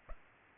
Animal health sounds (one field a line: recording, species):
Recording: mosquito wingbeat signal from an infrared sensor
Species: Culex pipiens